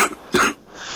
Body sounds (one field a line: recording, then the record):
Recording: coughing mixed with background sound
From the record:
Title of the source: 64 coughing, allergies, singing lungs